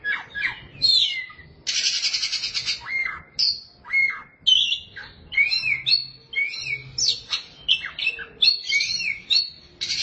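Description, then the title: Oriental magpie-robin in full song, alternating loud buzzy rattles with clear rising and falling whistles and squeaky chips in a fast, varied sequence. Chirping song (kicauan) of the bird. "Suara Kicauan Burung Kacer Durasi Panjang"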